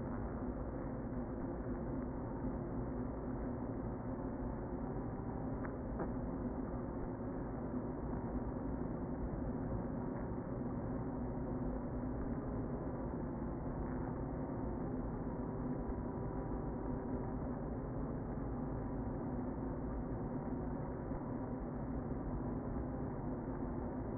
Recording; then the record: honeybee colony, microphone inside the hive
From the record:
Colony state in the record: queen present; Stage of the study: before two queens were removed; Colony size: about 60,000 bees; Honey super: yes